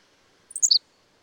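A single short bird phrase: four bright high notes falling quickly in pitch, over a quiet background.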